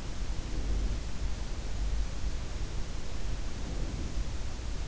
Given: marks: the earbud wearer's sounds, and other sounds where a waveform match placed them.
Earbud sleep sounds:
sounds in sleep by an in-ear microphone; breath
0.29-1.33 s: breath
3.44-4.52 s: breath

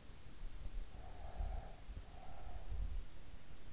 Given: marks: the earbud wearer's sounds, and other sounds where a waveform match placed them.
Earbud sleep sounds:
sounds in sleep by an in-ear microphone; breath
0.90-3.14 s: breath

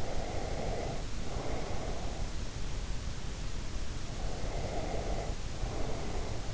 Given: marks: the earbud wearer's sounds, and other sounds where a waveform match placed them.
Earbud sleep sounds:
sounds in sleep by an in-ear microphone; breath
0.00-2.21 s: breath
4.14-6.39 s: breath

